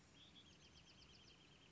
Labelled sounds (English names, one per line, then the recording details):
Bewick's Wren
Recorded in Sonoma County, California